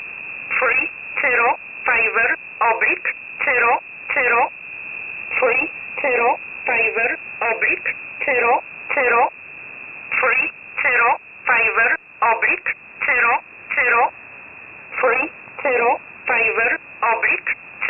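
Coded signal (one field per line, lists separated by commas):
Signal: numbers station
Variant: E11 Oblique, English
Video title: 04 06 2021 Number station E11 Oblique in English to Eu 1000 on 12153 unknown tx site in USB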